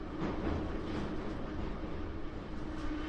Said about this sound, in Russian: Горьковская, следующая станция Петроградская. Объявил динамик, когда поезд со свистом вылетел из тоннеля.